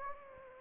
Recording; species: mosquito wingbeat signal from an infrared sensor; Anopheles gambiae